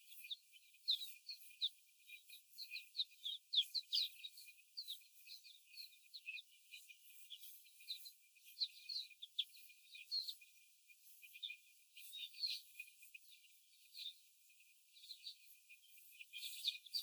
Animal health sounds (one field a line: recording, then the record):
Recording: young laying hens in a cage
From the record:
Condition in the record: before the stressor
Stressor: simulated dog barking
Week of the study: 4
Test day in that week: 1